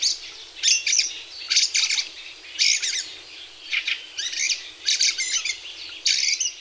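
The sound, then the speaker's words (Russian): A thrush gives repeated rattling, chattering calls in short harsh bursts, about eight of them spaced unevenly over several seconds, fairly loud with no other sounds. “Это называется треск, тот звук, который они издают. Так покрякивают.”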